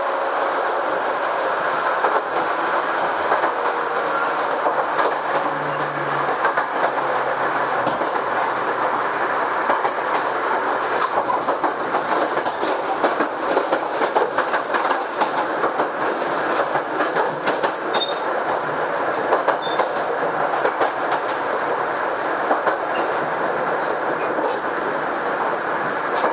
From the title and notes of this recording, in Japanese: 秩父鉄道6000系 寄居〜熊谷。6000系で運転されている急行を録音。種車は、相互直通を行う西武鉄道、新101系 ですが、かなり前面改造・内装改造が施されている。